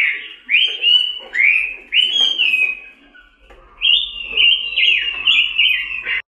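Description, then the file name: Red-billed leiothrix giving clear whistled notes, several swooping upslurs followed by a quick descending warbled phrase. Pancawarna (five-colour) variety of red-billed leiothrix. "robin pancawarna"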